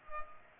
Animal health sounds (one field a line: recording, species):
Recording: mosquito wingbeat signal from an infrared sensor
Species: Culex pipiens